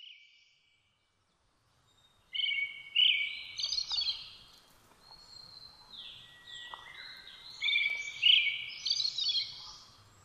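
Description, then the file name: Brown-headed thrush song delivered twice: each phrase opens with loud whistled notes and runs into thin, high twittering, with softer notes in between. Recorded 17 June 2009 at 06:48 in the morning. "akahara-20090617-0648"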